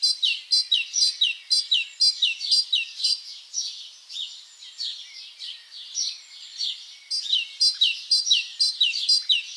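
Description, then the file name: Great tit song: bright, high two-note phrases repeated about twice a second in quick bursts, with short pauses between bursts. "Parus major"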